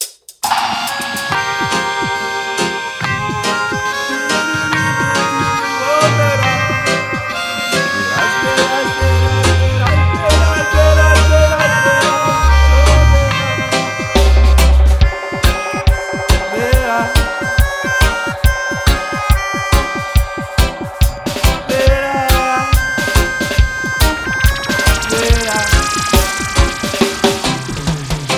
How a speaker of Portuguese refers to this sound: E esse som é um trap.